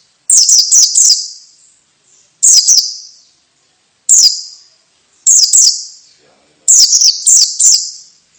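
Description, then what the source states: White-eye calls, loud high clustered chirps in bursts of one to four notes, repeated every one to two seconds with clean silence between. Female.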